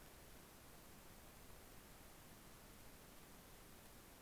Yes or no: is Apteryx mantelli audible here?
no